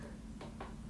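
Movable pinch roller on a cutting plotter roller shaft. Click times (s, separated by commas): 0.4 s, 0.6 s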